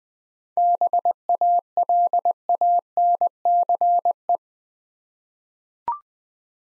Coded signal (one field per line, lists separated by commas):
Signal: Morse code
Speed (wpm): 20 wpm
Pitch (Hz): 700 Hz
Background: none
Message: BALANCE